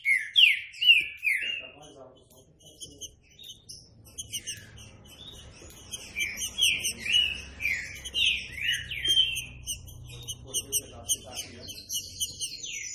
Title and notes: Canto Clássico Trinca Ferro TREINAMENTO. trinca fero